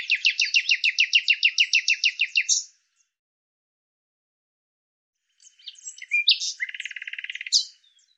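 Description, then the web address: Bird song, a fast rattling trill of repeated notes, then a long pause and a second phrase of chirps and a buzzy rattle. "Deverinetal 2025"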